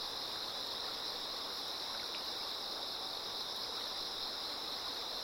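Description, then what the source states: Unbroken insect trilling, high and even, layered over a constant rush of running water. Insects singing in chorus beside a slowly flowing river.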